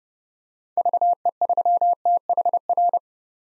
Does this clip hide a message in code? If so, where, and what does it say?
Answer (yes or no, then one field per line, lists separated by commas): yes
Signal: Morse code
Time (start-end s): 0.8-3.0 s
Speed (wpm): 30 wpm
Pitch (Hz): 700 Hz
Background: none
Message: VE3THR